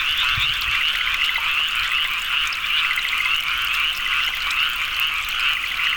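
Frog chorus with one caller standing out, giving short rising chirped notes about two or three times a second over a constant background of trilling frogs.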